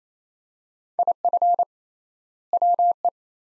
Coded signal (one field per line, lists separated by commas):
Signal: Morse code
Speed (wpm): 28 wpm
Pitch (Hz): 700 Hz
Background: none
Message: IF WE